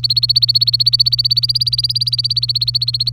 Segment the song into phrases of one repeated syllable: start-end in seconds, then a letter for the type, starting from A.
0.03-3.12 A